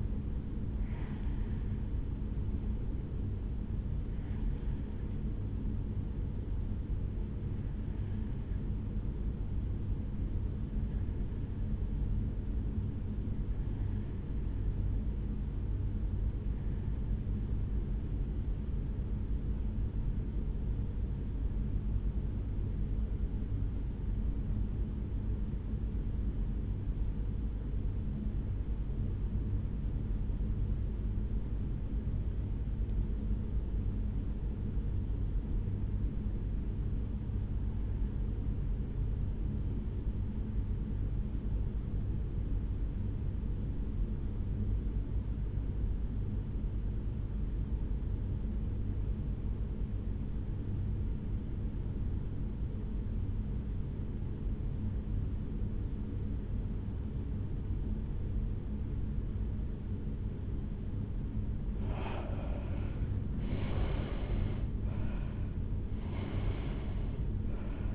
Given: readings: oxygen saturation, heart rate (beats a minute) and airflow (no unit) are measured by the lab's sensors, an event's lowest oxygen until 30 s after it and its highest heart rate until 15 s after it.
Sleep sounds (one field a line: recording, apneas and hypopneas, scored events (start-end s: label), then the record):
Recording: breathing in sleep by a smartphone at the bedside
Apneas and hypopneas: 1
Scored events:
8.00-62.10 s: hypopnea (N1, oxygen 96% highest, then 76% lowest, heart rate 64 at the start, 83 highest)
18.00-67.95 s: new sleep stage, REM sleep
From the record:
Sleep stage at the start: N1 (lightest sleep)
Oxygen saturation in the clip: 80 to 96%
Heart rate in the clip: 64 to 80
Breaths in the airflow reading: 20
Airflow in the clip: -11.7 to 7.2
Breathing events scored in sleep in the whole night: 449 in 7.0 hours asleep